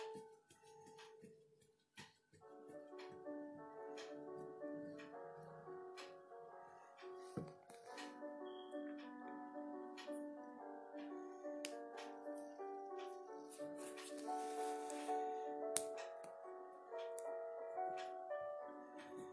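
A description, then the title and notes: Soft piano melody plays steadily throughout, with sustained mid-range notes layered into gentle chords after a brief dip near two seconds. Short scratchy clicks and ticks, like pencil strokes, pop up frequently over the music, with a brief rustling burst around fifteen seconds. Kpop piano study session, pencil asmr, page turning. It was actually 4:30 or so in the morning when I recorded this.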